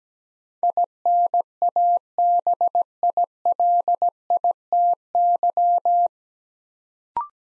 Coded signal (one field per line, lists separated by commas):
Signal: Morse code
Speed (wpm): 17 wpm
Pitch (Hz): 700 Hz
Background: none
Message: INABILITY